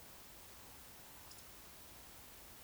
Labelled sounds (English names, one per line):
Eurasian Woodcock whistle
Eurasian Woodcock croak